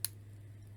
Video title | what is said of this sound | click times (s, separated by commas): G.I. Joe Storm Shadow Action Figure G.I. Joe Origins Review and Unboxing | order to correct that problem you just turn it a little until it snaps | 0.0 s